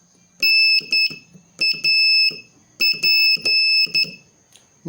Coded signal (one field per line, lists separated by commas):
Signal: Morse code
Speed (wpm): 11 wpm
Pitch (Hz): 2600 Hz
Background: none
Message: NAP